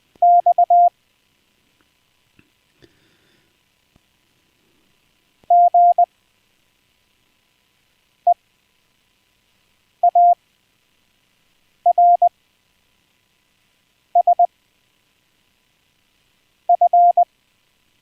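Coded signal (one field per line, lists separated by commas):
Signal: Morse code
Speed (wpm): 20 wpm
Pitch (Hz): 700 Hz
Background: none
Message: X GEARSF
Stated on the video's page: Live, unplanned amateur radio stream with some CW practice.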